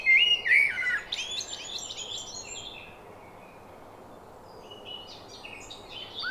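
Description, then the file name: Eurasian blackbird gives a brief fluted phrase with a scratchy high ending at the start, followed by faint high twittering. "Turdus merula"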